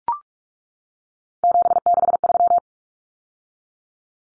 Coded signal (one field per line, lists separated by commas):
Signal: Morse code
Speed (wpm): 44 wpm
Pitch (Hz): 700 Hz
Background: none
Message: 763